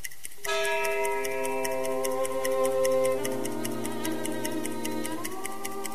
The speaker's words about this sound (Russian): Я ее жестяночку поставил на стол и смотрел на нее. А все смотрел. А пальцы сами собой протянулись к ней и так себе повернулись сами собой. Какой-то ключик. Что? Так вы ее завели? Да. Затикало на 24 часа.